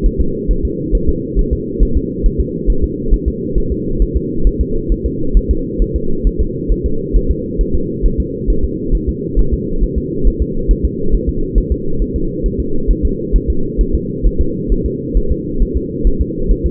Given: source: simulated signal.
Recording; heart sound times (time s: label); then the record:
fetal heart sounds
0.06 s: S1
0.21 s: S2
0.51 s: S1
0.65 s: S2
0.95 s: S1
1.09 s: S2
1.39 s: S1
1.53 s: S2
1.83 s: S1
1.97 s: S2
2.26 s: S1
2.40 s: S2
2.70 s: S1
2.84 s: S2
3.14 s: S1
3.28 s: S2
3.58 s: S1
3.72 s: S2
4.02 s: S1
4.16 s: S2
4.47 s: S1
4.61 s: S2
4.92 s: S1
5.06 s: S2
5.37 s: S1
5.51 s: S2
5.82 s: S1
5.96 s: S2
6.27 s: S1
6.41 s: S2
6.72 s: S1
6.86 s: S2
7.16 s: S1
7.31 s: S2
7.61 s: S1
7.75 s: S2
8.06 s: S1
8.20 s: S2
8.50 s: S1
8.64 s: S2
8.95 s: S1
9.09 s: S2
9.39 s: S1
9.53 s: S2
9.83 s: S1
9.98 s: S2
10.27 s: S1
10.42 s: S2
10.71 s: S1
10.85 s: S2
11.14 s: S1
11.29 s: S2
11.58 s: S1
11.72 s: S2
12.02 s: S1
12.16 s: S2
12.46 s: S1
12.60 s: S2
12.91 s: S1
13.05 s: S2
13.36 s: S1
13.50 s: S2
13.81 s: S1
13.95 s: S2
14.26 s: S1
14.41 s: S2
14.72 s: S1
14.86 s: S2
15.17 s: S1
15.32 s: S2
15.62 s: S1
15.77 s: S2
16.07 s: S1
16.21 s: S2
16.51 s: S1
16.66 s: S2
From the record:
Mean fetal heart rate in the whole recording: 135 bpm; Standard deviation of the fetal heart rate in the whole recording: 3 bpm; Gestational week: 36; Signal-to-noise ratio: -8.1 dB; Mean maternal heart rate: 72 bpm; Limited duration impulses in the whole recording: absent